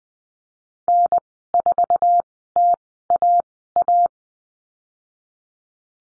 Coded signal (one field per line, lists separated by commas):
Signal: Morse code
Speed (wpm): 19 wpm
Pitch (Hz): 700 Hz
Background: none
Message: N4TAA